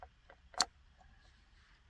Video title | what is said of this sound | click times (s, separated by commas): 2014 - 2021 Jeep Grand Cherokee Head Unit Replacement | you clicked in there | 0.6 s